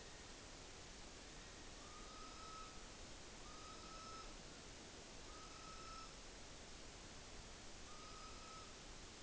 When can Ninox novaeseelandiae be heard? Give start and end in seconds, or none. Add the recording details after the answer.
1.63-8.89. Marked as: faintness 3/5. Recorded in New Zealand on 9 October 2013. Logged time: 17:00. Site Ponui